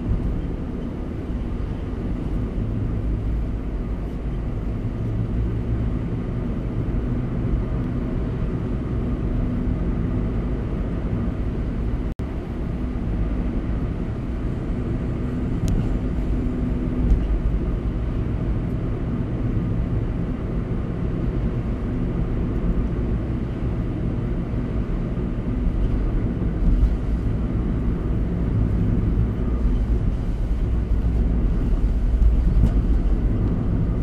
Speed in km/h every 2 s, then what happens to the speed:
55, 56, 60, 63, 64, 66, 68, 64, 63, 63, 63, 63, 61, 60, 58, 58, 56.
0-11 speeds up to 68. 11-34 slows to 56.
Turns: none.